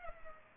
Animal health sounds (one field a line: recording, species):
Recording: mosquito wingbeat signal from an infrared sensor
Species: Culex pipiens